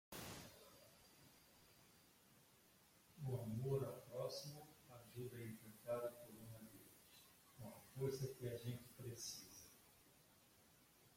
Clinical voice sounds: spoken sentence; Brazilian Portuguese; male; 60 to 69 years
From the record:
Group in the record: control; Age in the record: 65 years

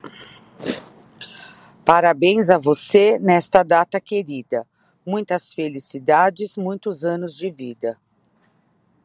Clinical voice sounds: short text; Brazilian Portuguese; female; 50 to 59 years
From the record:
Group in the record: control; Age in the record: 52 years

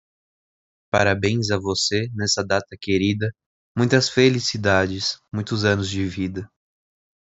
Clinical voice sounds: short text; Brazilian Portuguese; male; 18 to 19 years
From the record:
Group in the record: control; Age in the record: 18 years

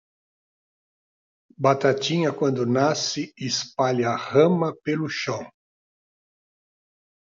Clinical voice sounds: short text; Brazilian Portuguese; male; 60 to 69 years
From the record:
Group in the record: control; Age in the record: 66 years

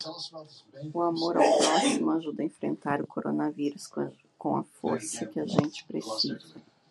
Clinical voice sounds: spoken sentence; Brazilian Portuguese; female; 40 to 49 years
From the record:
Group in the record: control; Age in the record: 47 years

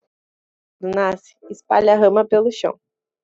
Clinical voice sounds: short text; Brazilian Portuguese; female; 20 to 29 years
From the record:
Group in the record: control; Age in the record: 25 years

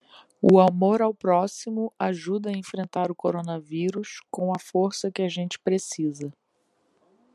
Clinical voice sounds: spoken sentence; Brazilian Portuguese; female; 40 to 49 years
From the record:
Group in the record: control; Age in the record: 42 years

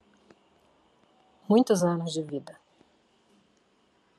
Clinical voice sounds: short text; Brazilian Portuguese; female; 50 to 59 years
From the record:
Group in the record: control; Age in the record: 52 years

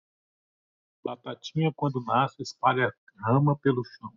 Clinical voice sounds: short text; Brazilian Portuguese; male; 50 to 59 years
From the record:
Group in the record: control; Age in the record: 54 years

